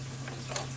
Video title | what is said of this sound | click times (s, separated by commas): TETRA Whisper IQ 20 REVIEW - Aquarium Filter HOB | helps to put it on the right way and then that just snaps back in | 0.6 s